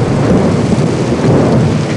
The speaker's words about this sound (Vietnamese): Mưa sao mà to quá à?